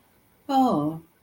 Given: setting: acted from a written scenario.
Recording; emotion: vocal sound without words; realization